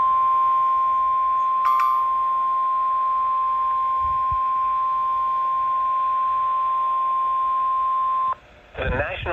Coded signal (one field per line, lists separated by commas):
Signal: Emergency Alert System (SAME) tones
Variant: 1050 Hz attention tone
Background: speech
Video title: (EAS #454) Severe Thunderstorm Warning for Dane, Dodge, and Jefferson, Wisconsin